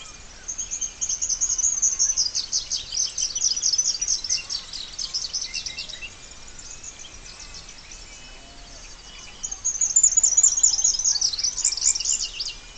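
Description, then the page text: Splendid fairywren giving thin, very high reeling trills, one long run of rapid buzzy notes, a pause, then a second burst near the end; soft background hiss. "Трель птицы - Блестящий расписной малюр (Malurus splendens)"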